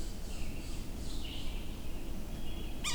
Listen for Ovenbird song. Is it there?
no